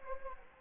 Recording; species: mosquito wingbeat signal from an infrared sensor; Anopheles gambiae